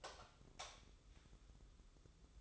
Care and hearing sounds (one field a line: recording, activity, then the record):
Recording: daily activity, microphone in the room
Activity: light off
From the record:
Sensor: 3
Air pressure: 995.3 hPa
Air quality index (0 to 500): 82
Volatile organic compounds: 7 ppm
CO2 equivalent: 1978 ppm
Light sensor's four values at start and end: 11/30/12/12 and 9/21/9/8